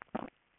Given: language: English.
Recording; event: throat vibration sensor signal played as sound; swallow